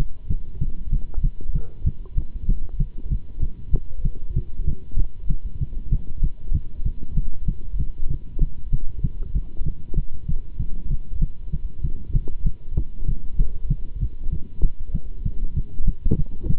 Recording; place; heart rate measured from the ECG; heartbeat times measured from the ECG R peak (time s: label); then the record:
heart sounds by stethoscope; between the tricuspid and mitral areas; 193 bpm
0.29 s: heartbeat
0.60 s: heartbeat
0.91 s: heartbeat
1.23 s: heartbeat
1.54 s: heartbeat
1.85 s: heartbeat
2.16 s: heartbeat
2.47 s: heartbeat
2.79 s: heartbeat
3.10 s: heartbeat
3.41 s: heartbeat
3.72 s: heartbeat
4.04 s: heartbeat
4.35 s: heartbeat
4.66 s: heartbeat
4.97 s: heartbeat
5.28 s: heartbeat
5.60 s: heartbeat
5.91 s: heartbeat
6.22 s: heartbeat
6.53 s: heartbeat
6.84 s: heartbeat
7.16 s: heartbeat
7.47 s: heartbeat
7.78 s: heartbeat
8.09 s: heartbeat
8.40 s: heartbeat
8.71 s: heartbeat
9.03 s: heartbeat
9.34 s: heartbeat
9.65 s: heartbeat
9.96 s: heartbeat
10.27 s: heartbeat
10.59 s: heartbeat
10.89 s: heartbeat
11.20 s: heartbeat
11.52 s: heartbeat
11.83 s: heartbeat
12.14 s: heartbeat
12.45 s: heartbeat
12.76 s: heartbeat
13.07 s: heartbeat
13.38 s: heartbeat
13.69 s: heartbeat
14.00 s: heartbeat
14.31 s: heartbeat
14.62 s: heartbeat
14.93 s: heartbeat
15.25 s: heartbeat
15.55 s: heartbeat
15.86 s: heartbeat
16.17 s: heartbeat
16.48 s: heartbeat
From the record:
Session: Bruce protocol treadmill stress test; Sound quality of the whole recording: good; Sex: male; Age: 24 years